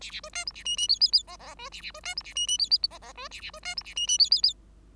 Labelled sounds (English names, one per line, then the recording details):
Bengalese Finch song
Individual Bird5